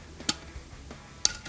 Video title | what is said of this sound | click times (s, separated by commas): Water Heater Gas Valve & Thermocouple Replacement (Richmond / Rheem / Others) #waterheater #DIY | i don't know how well you can see that it's in there a little bit now i need to push all the way in until it clicks | 1.2 s